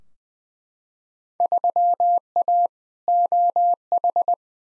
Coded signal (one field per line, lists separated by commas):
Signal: Morse code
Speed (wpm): 21 wpm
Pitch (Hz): 700 Hz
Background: none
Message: 3A OH